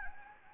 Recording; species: mosquito wingbeat signal from an infrared sensor; Anopheles gambiae